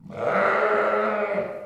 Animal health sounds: contact call of a hoofed animal; sheep; low-frequency (closed-mouth) or high-frequency (open-mouth) call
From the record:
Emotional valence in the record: negative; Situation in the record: short social isolation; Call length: 1.66 s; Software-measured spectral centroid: 1320 Hz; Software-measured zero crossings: 1680 a second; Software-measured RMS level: -23 dBFS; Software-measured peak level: -8 dBFS

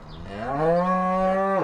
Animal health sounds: contact call of a hoofed animal; cattle; low-frequency (closed-mouth) or high-frequency (open-mouth) call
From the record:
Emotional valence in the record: negative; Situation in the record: physical separation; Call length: 1.64 s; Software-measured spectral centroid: 1120 Hz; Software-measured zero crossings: 1440 a second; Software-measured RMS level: -23 dBFS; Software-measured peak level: -11 dBFS

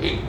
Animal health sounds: contact call of a hoofed animal; pig; closed-mouth grunt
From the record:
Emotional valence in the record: positive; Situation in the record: food and toys in familiar pen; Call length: 0.29 s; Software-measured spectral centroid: 2010 Hz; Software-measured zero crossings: 1870 a second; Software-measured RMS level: -24 dBFS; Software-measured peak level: -9 dBFS

